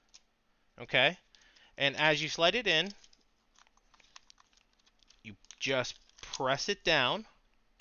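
A laptop SO-DIMM memory stick is being slid into its slot at an angle during an Intel NUC laptop build, to be pressed down until the metal side retention clips snap over it. Someone talks while faint, short handling ticks sound in the pauses. The clip ends before the module goes home, so nothing has seated or clicked yet.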